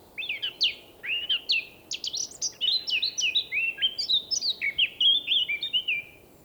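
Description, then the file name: Eurasian blackcap song: a continuous rich warble of fluty whistled notes, sliding up and down, delivered quickly for several seconds. "Sylvia atricapilla"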